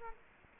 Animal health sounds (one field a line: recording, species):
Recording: mosquito wingbeat signal from an infrared sensor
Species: Culex quinquefasciatus